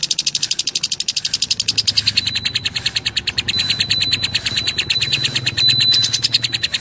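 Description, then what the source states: Lovebird chatter: dense, rapid high-pitched chirping notes repeated several times per second, with a faint low hum beneath. Call style described as "konslet".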